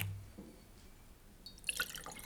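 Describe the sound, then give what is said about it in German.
Water trickles and drips into a glass in a short burst, with bright, ringing splashes rising toward the end over a quiet background. No one speaks. “Holen Sie ein Glas Wasser.”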